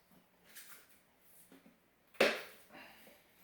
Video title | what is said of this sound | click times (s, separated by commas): Honda Del Sol 1993 - 1997 Aux Light install | it should click just like that | 2.2 s